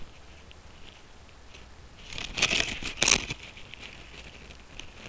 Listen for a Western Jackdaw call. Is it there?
no